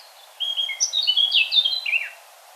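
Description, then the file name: Eurasian blackcap giving a rapid, chattering warble of jumbled high notes, lasting under two seconds over quiet background hiss. "Sylvia atricapilla"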